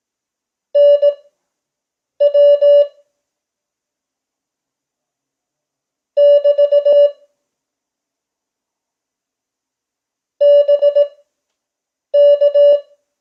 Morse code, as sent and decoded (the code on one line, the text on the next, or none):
-. .-- / -...- / -... -.-
NW <BT> BK